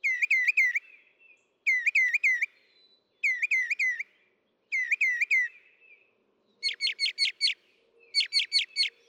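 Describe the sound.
Northern mockingbird song, a looping phrase of three or four slurred notes repeated four times, then a switch to rapid bursts of sharp repeated notes.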